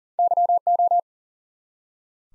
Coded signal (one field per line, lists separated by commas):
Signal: Morse code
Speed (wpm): 41 wpm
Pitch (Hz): 700 Hz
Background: none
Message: YO